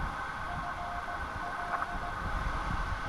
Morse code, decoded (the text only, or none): FL